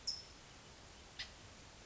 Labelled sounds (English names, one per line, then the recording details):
California Towhee
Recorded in Sonoma County, California